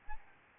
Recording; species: mosquito wingbeat signal from an infrared sensor; Aedes albopictus